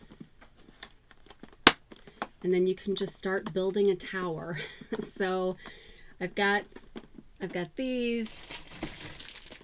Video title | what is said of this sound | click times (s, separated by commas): 20231219 - Another Big Temu Haul! | stick it on here let it kind of snap into place and then | 1.7 s